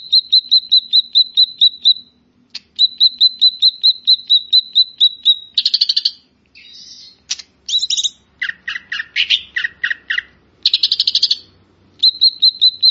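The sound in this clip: Grey-cheeked bulbul repeating trains of short high notes, then a burst of buzzy rattles and varied chirped notes before the train of notes resumes.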